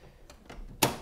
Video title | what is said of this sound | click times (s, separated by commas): How to Install Ink Cartridges in HP Deskjet 2700e, 2752e, 2710e Printer | this, until it clicks. Just push up. | 0.8 s